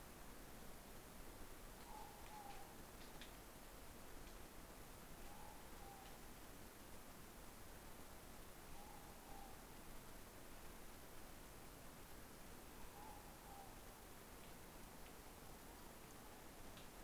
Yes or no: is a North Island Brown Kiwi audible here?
no